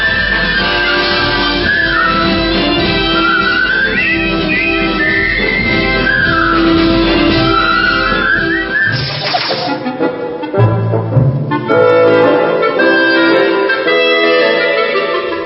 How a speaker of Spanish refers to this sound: Es la marcha del coronel Boogie que silban los soldados al inicio de la película y por eso siempre se considera que es la música del Puente sobre el Río Kwai.